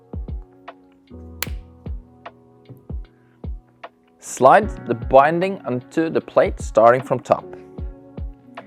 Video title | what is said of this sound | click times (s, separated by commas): How to mount Rottefella SkateX MOVE Pro to skis with Rottefella Adaptive Plate (RAP) | and push until you hear a click. | 1.4 s